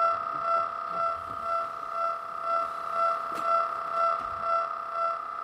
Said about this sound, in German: Der beschriebene Sachverhalt tritt noch deutlicher in Erscheinung, wenn wir die Wellen digitalisieren. Hier die Welle des Epileptikers.